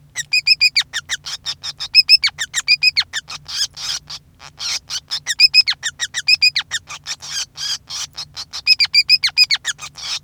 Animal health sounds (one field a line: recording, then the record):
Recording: song of a male Bengalese finch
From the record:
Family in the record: son of father 5